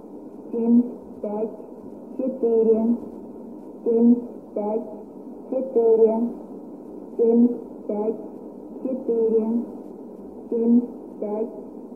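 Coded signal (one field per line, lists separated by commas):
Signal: numbers station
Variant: S06s Russian Lady, Russian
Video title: 09 01 2018 Numbers station S06s Russian Lady in Russian to Eu 1110 on 5975 unknown tx site in CUSB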